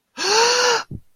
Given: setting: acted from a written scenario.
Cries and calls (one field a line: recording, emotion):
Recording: vocal sound without words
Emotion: fear